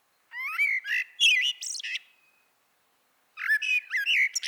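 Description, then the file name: Eurasian blackbird singing two phrases of fluty, rising and falling whistles mixed with high squeaky notes, a pause of about a second between them; nothing else audible. "Turdus merula"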